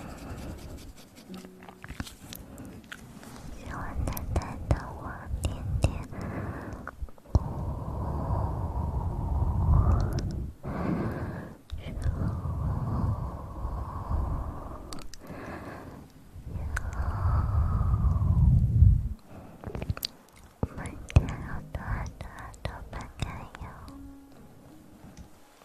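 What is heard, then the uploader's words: Soft mouth sounds of chewing and wet clicks, with brief pauses and swelling low rumbles around ten and eighteen seconds. Sensitivity Mouth Sounds.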